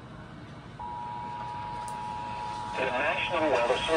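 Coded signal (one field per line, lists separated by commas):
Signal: Emergency Alert System (SAME) tones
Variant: 853 and 960 Hz attention tone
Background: speech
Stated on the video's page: NWS Tulsa severe thunderstorm warning EAS alert.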